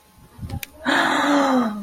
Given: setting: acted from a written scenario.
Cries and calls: vocal sound without words; awe

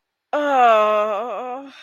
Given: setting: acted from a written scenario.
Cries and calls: vocal sound without words; ecstasy

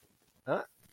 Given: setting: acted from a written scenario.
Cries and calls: vocal sound without words; confusion

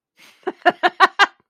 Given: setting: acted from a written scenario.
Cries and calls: vocal sound without words; amusement

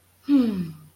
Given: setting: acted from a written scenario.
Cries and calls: vocal sound without words; contentment

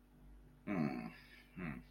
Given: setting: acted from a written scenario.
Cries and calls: vocal sound without words; guilt

